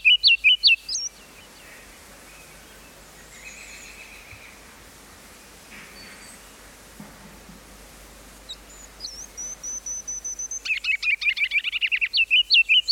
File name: rubycrownedkinglet